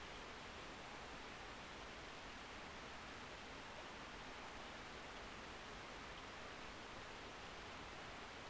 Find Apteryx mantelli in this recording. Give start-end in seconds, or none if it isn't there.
none